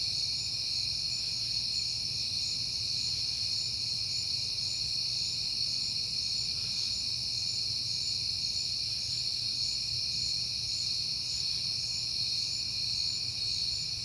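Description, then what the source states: Crickets keep up a constant shrill chorus for the whole stretch, over a faint low drone. Recorded on a peaceful night in September.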